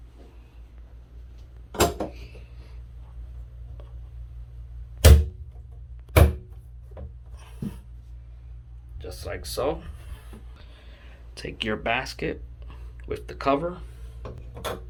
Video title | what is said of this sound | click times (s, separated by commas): How To Install A Hair Catcher For Showers | put it in place and press down and it should snap in place just like | 1.8 s, 5.1 s, 6.2 s